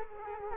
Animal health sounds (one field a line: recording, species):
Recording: mosquito wingbeat signal from an infrared sensor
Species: Culex quinquefasciatus